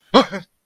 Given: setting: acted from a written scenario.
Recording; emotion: vocal sound without words; negative surprise